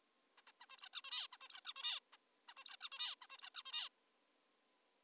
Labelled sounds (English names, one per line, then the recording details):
Zebra Finch
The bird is an adult
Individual g19o3U